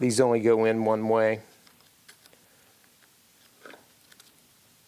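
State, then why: Not seated. Someone talks briefly at the start, then a keyed plastic connector on a Custom Dynamics Magic Strobes strobe module, which goes in only one way, is lined up with the motorcycle harness connector for its second wiring connection. Only faint handling taps and small rustles follow in a quiet background. Nothing has seated or clicked yet.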